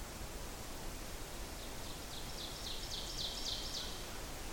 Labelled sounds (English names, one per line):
Ovenbird song